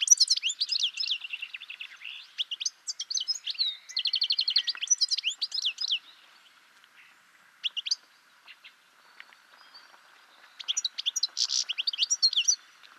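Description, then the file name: European goldfinch producing quick liquid twitters and buzzy trills in dense runs, pausing midway before another twittering burst near the end. "Carduelis carduelis"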